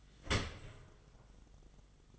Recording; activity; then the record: daily activity, microphone in the room; open dishwasher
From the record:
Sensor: 4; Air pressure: 1005.5 hPa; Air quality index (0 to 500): 112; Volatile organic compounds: 3 ppm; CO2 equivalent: 1400 ppm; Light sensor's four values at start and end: 11/26/10/10 and 11/26/10/10